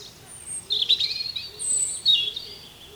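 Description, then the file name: European robin song of high, quick whistles and trills in short bursts, with faint, low, soft notes repeating underneath. "Erithacus rubecula"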